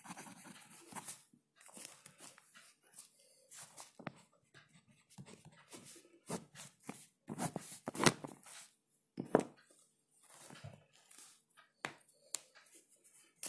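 Pages flip and a pen scratches in uneven bursts, with soft rustles and quick taps scattered across the clip. The loudest sweeping swishes land around two, seven to eight, and nine seconds, separated by brief quiet gaps with faint low rumbling.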